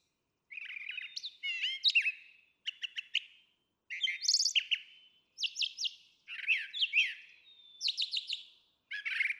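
Brown Thrasher song: varied phrases of rich chirps, whistles and buzzy notes, with short pauses between groups.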